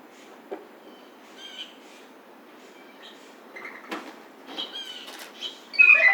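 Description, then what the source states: Blue jay calls, a few faint harsh notes early, then a loud squealing harsh call near the end, with scattered clicks and knocks. Recorded 29 July 2009.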